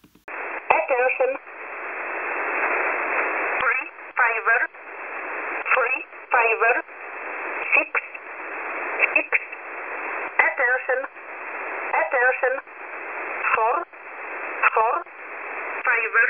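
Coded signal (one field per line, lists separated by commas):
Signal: numbers station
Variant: E11 Oblique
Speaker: you can actually hear E11 go obl saying attention twice and the format just completely being lost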